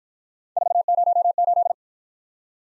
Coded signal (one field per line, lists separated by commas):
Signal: Morse code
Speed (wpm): 50 wpm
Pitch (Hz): 700 Hz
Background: none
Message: 408